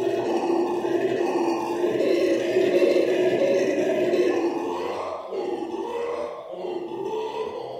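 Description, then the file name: Black-and-gold howler monkey howling, a loud, continuous gravelly roar that holds strongly then eases slightly and wavers toward the end. "alouatta caraya"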